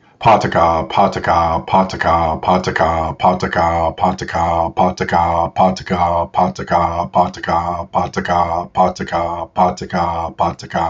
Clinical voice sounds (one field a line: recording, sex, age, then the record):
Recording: repeated syllables /pa ta ka/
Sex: male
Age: 50 to 59 years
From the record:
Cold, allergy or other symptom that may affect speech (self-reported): no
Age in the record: 50 years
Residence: North Carolina, United States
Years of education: 16